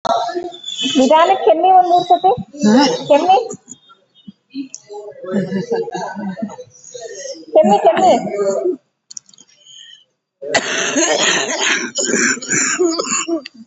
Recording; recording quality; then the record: shallow voluntary cough; poor, much background noise or distortion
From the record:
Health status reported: COVID-19 positive, moderate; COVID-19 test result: positive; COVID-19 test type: RT-PCR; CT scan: not taken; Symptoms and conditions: cough, breathing difficulty, fatigue, asthma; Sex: female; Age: 60 years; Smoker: no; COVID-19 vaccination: both doses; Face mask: not worn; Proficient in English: yes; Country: India